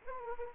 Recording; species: mosquito wingbeat signal from an infrared sensor; Anopheles gambiae